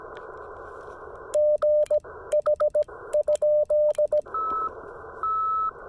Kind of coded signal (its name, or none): Morse code